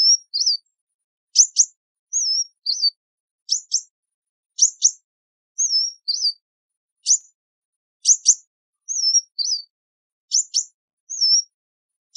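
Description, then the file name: Sunbird calling, high twisting whistles mixed with crisp double chip notes, repeated throughout. "Tieng chim hut mat"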